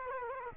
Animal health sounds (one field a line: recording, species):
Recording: mosquito wingbeat signal from an infrared sensor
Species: Culex quinquefasciatus